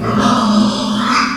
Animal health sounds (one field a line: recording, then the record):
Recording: squeal of a Yucatan mini pig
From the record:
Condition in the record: after surgery on the right vocal fold (resection and tissue-engineered implant)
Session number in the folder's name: 14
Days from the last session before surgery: 133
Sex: female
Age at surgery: 19 weeks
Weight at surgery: 25 kg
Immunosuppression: prednisolone